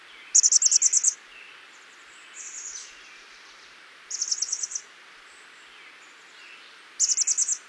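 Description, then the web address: Chestnut-backed chickadee delivering three high, rapid buzzy trills a few seconds apart, with softer thin notes after the first. "Songs of Birds of North America Stokes. Chestnut-backed Chickadee"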